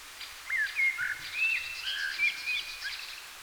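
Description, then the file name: Common blackbird calls: a run of clear, short whistled notes, some rising and some falling, delivered in a loose series over faint background noise. "Turdus merula"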